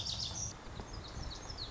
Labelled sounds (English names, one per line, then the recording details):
Lazuli Bunting
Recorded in Sonoma County, California